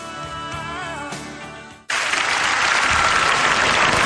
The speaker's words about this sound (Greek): Ευχαριστώ, παιδί μου, για το χειροκρότημα.